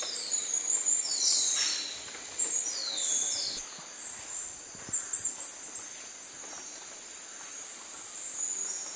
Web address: Natures Songs S America Primates of the Rainforest Black-mantle tamarin